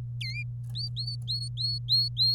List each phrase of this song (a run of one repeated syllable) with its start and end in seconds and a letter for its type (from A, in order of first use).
0.21-0.43 A, 0.75-2.35 B